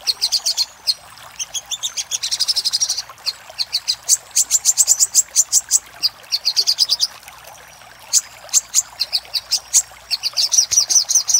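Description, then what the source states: Little spiderhunter song: rapid bursts of sharp, high chirps and short buzzy trills, separated by brief gaps. Master recording for training cage birds; Indonesian name Sogok Ontong, labelled Labaik.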